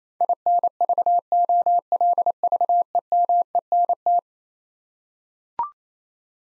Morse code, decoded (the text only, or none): INVOLVEMENT